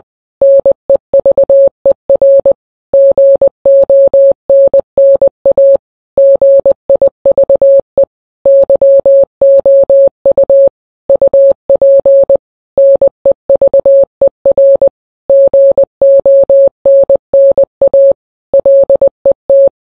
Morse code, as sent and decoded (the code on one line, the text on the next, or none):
-. . ...- . .-. / --. --- -. -. .- / --. .. ...- . / -.-- --- ..- / ..- .--. / -. . ...- . .-. / --. --- -. -. .- / .-.. . -
NEVER GONNA GIVE YOU UP NEVER GONNA LET